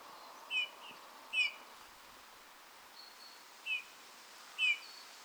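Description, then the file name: Eurasian bullfinch calling: four soft piping notes at uneven intervals, over steady background hiss. "Pyrrhula pyrrhula"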